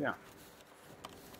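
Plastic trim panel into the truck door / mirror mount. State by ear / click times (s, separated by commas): seated / 1.0 s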